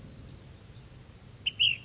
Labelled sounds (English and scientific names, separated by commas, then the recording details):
Ash-throated Flycatcher (Myiarchus cinerascens)
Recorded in Sonoma County, California